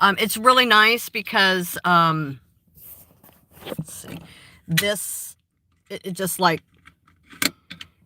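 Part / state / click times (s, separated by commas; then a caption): phone into car dashboard phone mount / seated / 7.5 s. A driver pushes her phone into a dashboard phone mount in her car while someone talks. A few faint taps and rattles follow, and a sharp snap at 7.4 s marks the phone seating in the holder.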